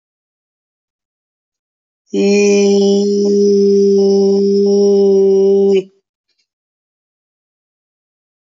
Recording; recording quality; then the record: sustained vowel as in beet; excellent, no background noise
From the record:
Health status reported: COVID-19 positive, moderate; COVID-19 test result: positive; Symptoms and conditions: cough, cold, breathing difficulty, sore throat, fever, fatigue, diabetes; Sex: male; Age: 45 years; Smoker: not ticked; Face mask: worn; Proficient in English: yes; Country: India